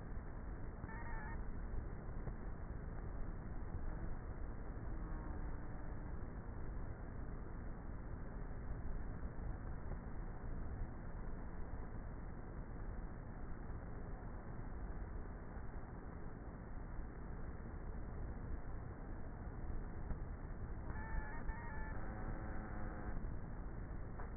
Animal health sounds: honeybee colony, microphone inside the hive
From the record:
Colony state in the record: queenless with a low population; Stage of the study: before two queens were removed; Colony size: about 30,000 bees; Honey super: no

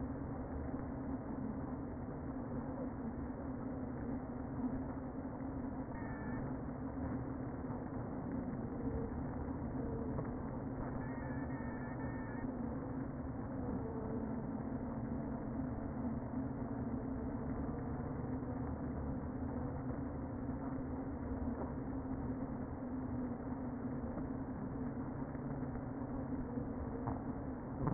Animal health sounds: honeybee colony, microphone inside the hive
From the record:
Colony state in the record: queen present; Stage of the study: before two queens were removed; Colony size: about 60,000 bees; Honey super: yes

